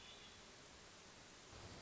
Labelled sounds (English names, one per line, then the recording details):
Hermit Thrush
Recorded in Sonoma County, California